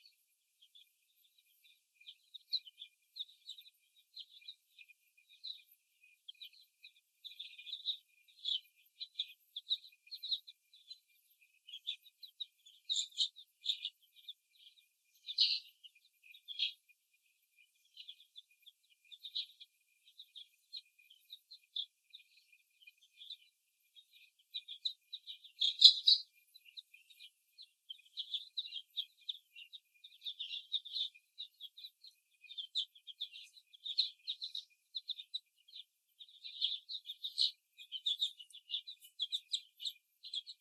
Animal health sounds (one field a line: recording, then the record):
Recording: young laying hens in a cage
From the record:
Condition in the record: before the stressor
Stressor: simulated dog barking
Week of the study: 1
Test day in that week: 2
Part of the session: 3